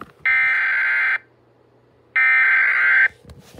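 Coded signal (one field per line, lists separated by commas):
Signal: Emergency Alert System (SAME) tones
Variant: header bursts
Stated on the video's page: Local Area Emergency alert, relayed as WEA, local alert and on weather radio.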